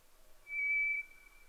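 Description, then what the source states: White's thrush song: a single drawn-out, pure, steady whistle lasting about half a second. At night, 22:35, 11 June 2011.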